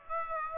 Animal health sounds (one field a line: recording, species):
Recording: mosquito wingbeat signal from an infrared sensor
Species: Aedes aegypti